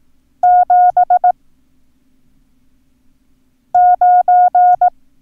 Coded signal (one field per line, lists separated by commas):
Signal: Morse code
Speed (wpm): 18 wpm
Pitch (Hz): 720 Hz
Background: none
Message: 7 9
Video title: Learn Morse Code - Numbers - Lesson 2